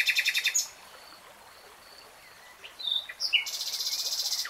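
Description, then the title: Nightingale song with a short rapid trill, a quiet pause, then scattered chirps leading into a fast buzzing rattle at the end. Nightingale singing in real time. "[Tiếng chim hót] 3 Hours REALTIME Nightingale Singing"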